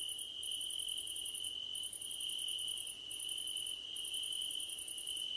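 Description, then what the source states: Crickets chirping, a steady shrill trill plus very high rapid pulsing bursts separated by brief pauses. Crickets at night under a starlit sky, presented as nighttime ambience for sleep and relaxation.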